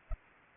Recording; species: mosquito wingbeat signal from an infrared sensor; Anopheles arabiensis